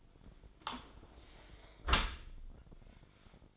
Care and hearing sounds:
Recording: daily activity, microphone in the room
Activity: close dishwasher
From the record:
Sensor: 5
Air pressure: 1003.2 hPa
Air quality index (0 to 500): 127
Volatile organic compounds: 1 ppm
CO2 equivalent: 929 ppm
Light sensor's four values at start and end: 71/171/71/80 and 67/162/68/76

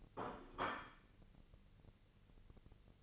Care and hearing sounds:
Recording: daily activity, microphone in the room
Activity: place plate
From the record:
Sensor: 4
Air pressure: 1008.4 hPa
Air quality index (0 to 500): 83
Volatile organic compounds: 1 ppm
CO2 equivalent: 653 ppm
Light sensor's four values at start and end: 14/33/13/13 and 14/33/13/13

